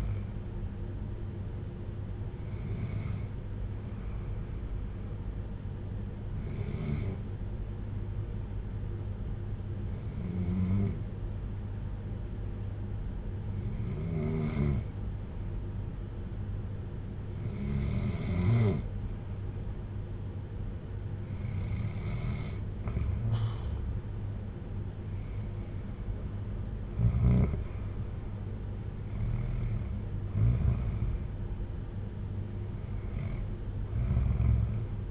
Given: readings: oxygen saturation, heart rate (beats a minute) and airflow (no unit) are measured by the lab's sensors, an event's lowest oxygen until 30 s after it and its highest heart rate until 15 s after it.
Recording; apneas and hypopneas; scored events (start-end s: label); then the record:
breathing in sleep by a smartphone at the bedside; 1
3.00-27.00 s: hypopnea (REM, oxygen 96% highest, then 92% lowest, heart rate 53 at the start, 62 highest)
From the record:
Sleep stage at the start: REM sleep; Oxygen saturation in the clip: 87 to 96%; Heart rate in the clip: 51 to 62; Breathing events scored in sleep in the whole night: 310 in 8.1 hours asleep